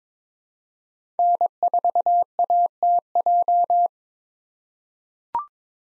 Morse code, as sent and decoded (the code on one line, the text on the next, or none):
-. ....- .- - .---
N4ATJ